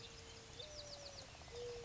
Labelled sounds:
Bewick's Wren (Thryomanes bewickii)
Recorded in Sonoma County, California

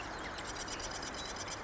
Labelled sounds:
Marsh Wren (Cistothorus palustris)
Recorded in Sonoma County, California

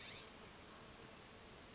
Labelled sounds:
California Scrub-Jay (Aphelocoma californica)
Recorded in Sonoma County, California

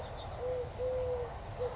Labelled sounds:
Eurasian Collared Dove (Streptopelia decaocto)
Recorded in Sonoma County, California

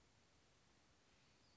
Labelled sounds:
Western Flycatcher (Empidonax difficilis)
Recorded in Sonoma County, California

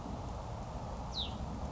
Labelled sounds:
Hutton's Vireo (Vireo huttoni)
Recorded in Sonoma County, California

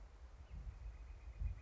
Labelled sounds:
Northern Flicker (Colaptes auratus)
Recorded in Sonoma County, California

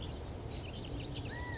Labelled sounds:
California Quail (Callipepla californica)
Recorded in Sonoma County, California

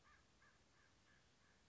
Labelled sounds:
American Crow (Corvus brachyrhynchos)
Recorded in Sonoma County, California

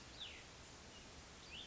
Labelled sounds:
Cassin's Vireo (Vireo cassinii)
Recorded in Sonoma County, California

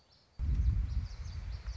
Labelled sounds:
Common Yellowthroat (Geothlypis trichas)
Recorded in Sonoma County, California

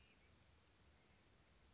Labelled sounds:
Bewick's Wren (Thryomanes bewickii)
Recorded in Sonoma County, California

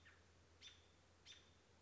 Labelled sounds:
American Robin (Turdus migratorius)
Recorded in Sonoma County, California

